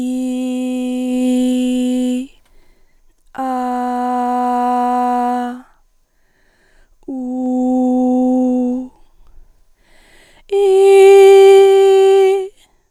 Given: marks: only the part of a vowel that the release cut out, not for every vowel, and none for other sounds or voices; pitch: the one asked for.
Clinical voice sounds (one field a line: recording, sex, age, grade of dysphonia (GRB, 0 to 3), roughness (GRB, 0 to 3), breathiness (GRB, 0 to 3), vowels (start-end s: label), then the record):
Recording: sustained vowels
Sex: female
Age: 20 to 29 years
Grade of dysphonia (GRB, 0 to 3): 0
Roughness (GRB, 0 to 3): 0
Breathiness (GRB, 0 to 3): 0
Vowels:
0.00-1.21 s: vowel /i/, normal pitch
3.47-5.39 s: vowel /a/, normal pitch
7.18-8.72 s: vowel /u/, normal pitch
11.30-12.27 s: vowel /i/, high pitch
From the record:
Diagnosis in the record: healthy voice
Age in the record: 25 years